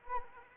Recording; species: mosquito wingbeat signal from an infrared sensor; Anopheles arabiensis